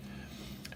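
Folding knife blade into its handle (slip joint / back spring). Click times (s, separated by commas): 0.7 s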